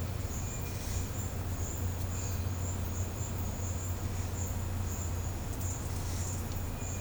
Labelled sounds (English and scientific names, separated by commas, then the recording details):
none
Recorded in pastures near Puerto Asís, Putumayo, Colombia, on 15 December 2024 at 12:00
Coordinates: 0.502, -76.324
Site G077